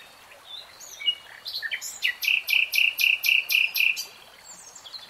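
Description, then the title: Nightingale song building from scattered notes into a loud, evenly spaced series of about seven rich, rattling pulses. Singing; three-hour real-time recording. "[Tiếng chim hót] 3 Hours REALTIME Nightingale Singing"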